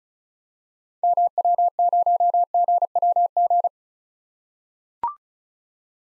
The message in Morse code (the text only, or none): MW0GWG